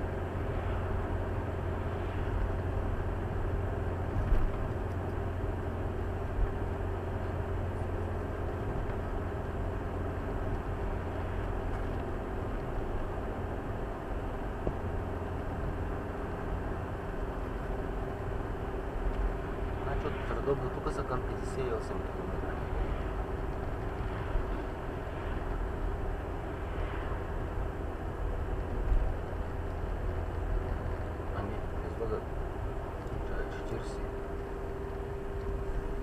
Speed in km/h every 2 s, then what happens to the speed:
53, 53, 53, 53, 52, 52, 52, 52, 51, 51, 51, 50, 50, 49, 50, 49, 48, 48.
0-36 steady at about 51.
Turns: none.